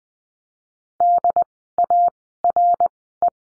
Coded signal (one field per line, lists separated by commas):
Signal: Morse code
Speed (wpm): 20 wpm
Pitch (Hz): 700 Hz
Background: none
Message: D A R E